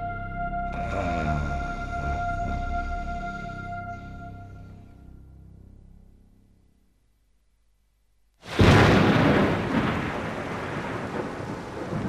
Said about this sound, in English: Oh, no. Morning already, and it's raining.